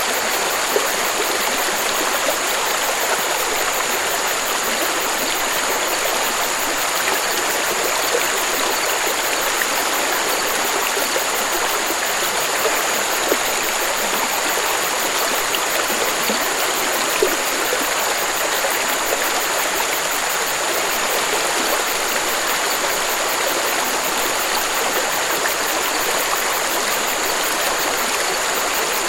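A gentle stream flows steadily and close by, a dense, even rush of bright splashing with little low rumble and no pauses.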